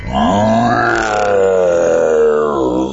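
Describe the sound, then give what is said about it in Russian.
A dinosaur roar from a huge dinosaur standing behind a bench, one long, loud, growling bellow with a rough, gravelly tone that swells and then trails off over about three seconds, likely a voice imitating the creature. “Обернулась она, а за скамеечкой стоит динозавр.”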